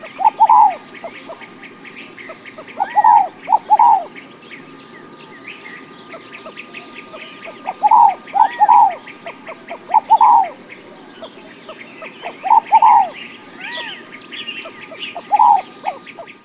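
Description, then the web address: Bird giving loud nasal, arched notes singly or in short groups every few seconds, with fainter high chirps and twitters from other birds in the background. North America. "Peterson North American Birds. indo"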